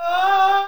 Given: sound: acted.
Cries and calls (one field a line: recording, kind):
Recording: vocal sound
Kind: neutral vocalization